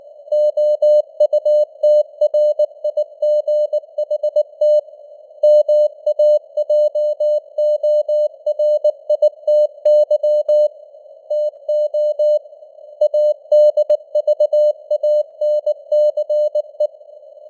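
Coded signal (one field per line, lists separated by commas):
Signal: Morse code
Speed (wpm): 19 wpm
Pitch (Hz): 600 Hz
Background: none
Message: OUTRIGHT MAJORITY TO ADVANCE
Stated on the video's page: Morse news headlines at 19 wpm with simulated radio noise and varying signal strength (QSB).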